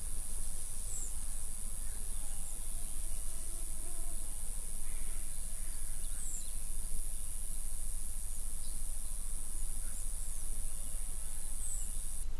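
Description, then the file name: Roesel's bush-cricket, an even, shrill continuous buzz throughout, with sparse faint chirps and low background rumble. 24 July 2016 at Buchhorst around 10:20, sunny and dry, about 30 °C, wind force 2 Beaufort. "160724 roebushcrick 1020 h 30 C W 40 2 BFT SUN DRY buchhorst"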